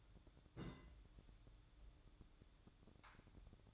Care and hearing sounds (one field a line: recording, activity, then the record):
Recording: daily activity, microphone in the room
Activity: place on stove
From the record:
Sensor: 3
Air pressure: 1008.0 hPa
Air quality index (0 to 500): 120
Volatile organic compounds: 2 ppm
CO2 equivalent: 997 ppm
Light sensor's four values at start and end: 9/21/8/8 and 9/20/8/8